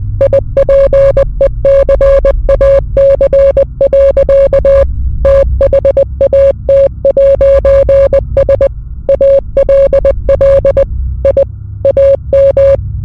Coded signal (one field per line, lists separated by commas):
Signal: Morse code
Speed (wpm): 20 wpm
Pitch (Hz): 550 Hz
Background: none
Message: IPECAC. THAT'S ALL I AM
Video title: The Time We Drank Ipecac at Ipecac Records or Learn Your Name In Morse Code (part 1 of 4)